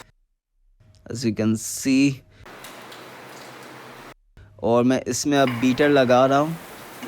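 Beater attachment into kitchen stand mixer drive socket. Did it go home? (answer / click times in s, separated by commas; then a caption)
no / none. Someone talks while fitting the beater attachment into the drive socket of a Philips Kitchen Machine HR7922 stand mixer. A steady broadband hiss fills the pause between the speech. The clip ends before the beater goes home, so nothing has seated or clicked yet.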